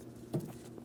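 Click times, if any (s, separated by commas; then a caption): none. A plastic bracket is slid over on the valve cover of a 2007–2014 Ford Edge 3.5L so its locking tab lines up with a slot. Against a low background hum, a short, soft rustling scrape rises around 0.3–0.4 s and then fades. Nothing has seated or clicked yet.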